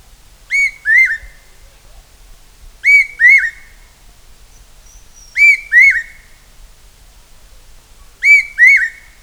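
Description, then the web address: Large hawk-cuckoo call: paired clear whistled notes, each rising sharply then held, repeated every few seconds over faint low hum. Recorded in tropical Asia. "Birdsongs Site Tropical Asia"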